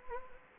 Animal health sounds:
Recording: mosquito wingbeat signal from an infrared sensor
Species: Anopheles gambiae

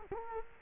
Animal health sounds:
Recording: mosquito wingbeat signal from an infrared sensor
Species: Culex quinquefasciatus

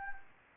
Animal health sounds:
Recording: mosquito wingbeat signal from an infrared sensor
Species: Anopheles gambiae

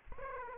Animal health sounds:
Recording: mosquito wingbeat signal from an infrared sensor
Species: Aedes aegypti

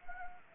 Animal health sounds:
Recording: mosquito wingbeat signal from an infrared sensor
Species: Anopheles gambiae

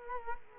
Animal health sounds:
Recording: mosquito wingbeat signal from an infrared sensor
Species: Culex quinquefasciatus

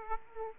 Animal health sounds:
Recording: mosquito wingbeat signal from an infrared sensor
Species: Aedes aegypti

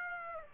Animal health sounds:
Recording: mosquito wingbeat signal from an infrared sensor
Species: Aedes aegypti

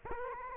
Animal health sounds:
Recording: mosquito wingbeat signal from an infrared sensor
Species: Culex quinquefasciatus

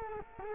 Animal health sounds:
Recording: mosquito wingbeat signal from an infrared sensor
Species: Culex quinquefasciatus

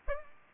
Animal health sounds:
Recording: mosquito wingbeat signal from an infrared sensor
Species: Aedes aegypti

